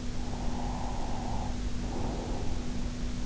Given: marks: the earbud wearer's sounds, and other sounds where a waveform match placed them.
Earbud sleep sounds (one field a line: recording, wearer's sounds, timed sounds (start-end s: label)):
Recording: sounds in sleep by an in-ear microphone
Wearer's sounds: breath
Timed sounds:
0.12-3.09 s: breath